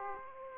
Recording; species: mosquito wingbeat signal from an infrared sensor; Aedes aegypti